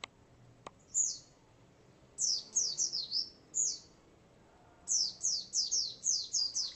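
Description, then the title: White-eye song: shrill falling chirps, singly and in quick runs, after a couple of faint clicks. "Pleci"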